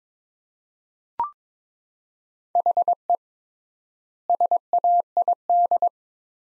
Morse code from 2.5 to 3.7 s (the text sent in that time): HE